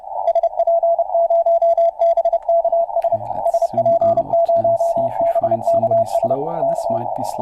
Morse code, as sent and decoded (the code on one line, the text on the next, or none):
... .--. ----- -... -.- ... / ... .--. ----- -... -.- ... / -.-
SP0BKS SP0BKS K